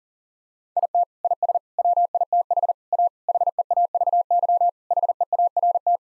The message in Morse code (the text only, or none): IT IS WITH A HEAVY HEART